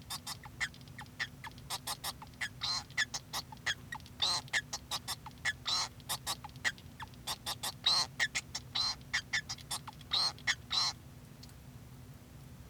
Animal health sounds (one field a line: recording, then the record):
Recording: song of a male Bengalese finch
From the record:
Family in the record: son of father 2